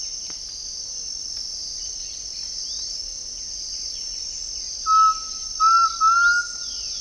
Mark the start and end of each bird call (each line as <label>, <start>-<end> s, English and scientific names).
unidentified bird, 2.63-4.69 s
White-winged Becard (Pachyramphus polychopterus), 3.23-4.70 s
Undulated Tinamou (Crypturellus undulatus), 4.71-6.75 s
unidentified bird, 6.12-7.00 s
Violaceous Jay (Cyanocorax violaceus), 6.57-6.98 s